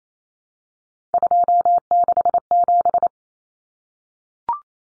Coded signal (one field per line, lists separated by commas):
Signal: Morse code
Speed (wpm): 28 wpm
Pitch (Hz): 700 Hz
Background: none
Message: 267